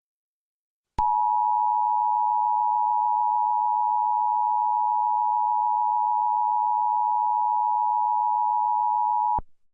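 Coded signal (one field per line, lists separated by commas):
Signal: Emergency Alert System (SAME) tones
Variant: 853 and 960 Hz attention tone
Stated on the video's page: Fictional EAS scenario using valid EAS tones.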